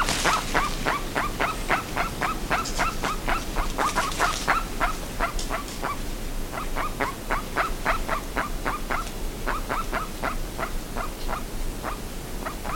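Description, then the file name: Bird giving long runs of harsh, clipped calls, several per second, with short gaps between bursts; some hiss early on and low rumble throughout. "SABIOD 50 bird 2015"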